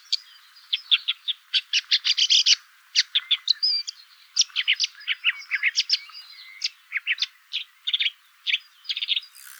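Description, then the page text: Woodchat shrike calling with many sharp, chattering notes in quick runs throughout. Adult pair, male and female, calling while perched atop a big oak in a hay field near a small pond, Magliano in Toscana, Italy, 130 m, 30 June 2008, 6 a.m. "LANIUS SENATOR - WOODCHAT SHRIKE - AVERLA CAPIROSSA. 30/june/2008 (6 a.m.). one pair is perched on the top of a big oak, in a hay field near a small pond. Poderone near Magliano in Toscana. calls perched"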